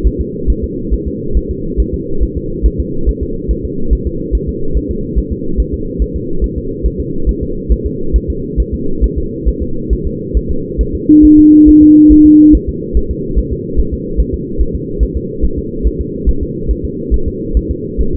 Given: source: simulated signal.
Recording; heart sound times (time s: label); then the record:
fetal heart sounds
0.07 s: S1
0.21 s: S2
0.50 s: S1
0.64 s: S2
0.94 s: S1
1.08 s: S2
1.37 s: S1
1.51 s: S2
1.80 s: S1
1.94 s: S2
2.23 s: S1
2.37 s: S2
2.66 s: S1
2.80 s: S2
3.09 s: S1
3.23 s: S2
3.51 s: S1
3.65 s: S2
3.93 s: S1
4.07 s: S2
4.35 s: S1
4.49 s: S2
4.77 s: S1
4.91 s: S2
5.18 s: S1
5.32 s: S2
5.60 s: S1
5.74 s: S2
6.02 s: S1
6.16 s: S2
6.44 s: S1
6.58 s: S2
6.86 s: S1
7.00 s: S2
7.29 s: S1
7.43 s: S2
7.72 s: S1
7.86 s: S2
8.16 s: S1
8.30 s: S2
8.60 s: S1
8.74 s: S2
9.04 s: S1
9.18 s: S2
9.48 s: S1
9.62 s: S2
9.93 s: S1
10.07 s: S2
10.37 s: S1
10.51 s: S2
10.81 s: S1
10.95 s: S2
11.25 s: S1
11.39 s: S2
11.69 s: S1
11.83 s: S2
12.12 s: S1
12.26 s: S2
12.55 s: S1
12.69 s: S2
12.97 s: S1
13.11 s: S2
13.39 s: S1
13.53 s: S2
13.79 s: S1
13.94 s: S2
14.20 s: S1
14.34 s: S2
14.61 s: S1
14.75 s: S2
15.03 s: S1
15.17 s: S2
15.45 s: S1
15.59 s: S2
15.87 s: S1
16.01 s: S2
16.29 s: S1
16.43 s: S2
16.71 s: S1
16.85 s: S2
17.14 s: S1
17.28 s: S2
17.57 s: S1
17.71 s: S2
18.01 s: S1
18.15 s: S2
From the record:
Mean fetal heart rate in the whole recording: 140 bpm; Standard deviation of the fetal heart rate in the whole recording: 2 bpm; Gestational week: 34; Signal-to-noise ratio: -8.1 dB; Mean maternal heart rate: 72 bpm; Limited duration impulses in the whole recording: present